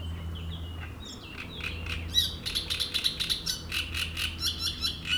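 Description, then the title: Great reed warbler song: harsh, grating croaks start after a quiet opening and repeat rapidly in a rough chattering run, with a low steady hum underneath. Strident song from a reed bed at a lakeside beach in Chindrieux, France; the species is a migrant from Africa and can sing day and night. "Roselière plage Chatillon, Chindrieux, France - Rousserole turdoïde"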